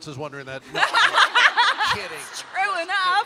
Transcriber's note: laughter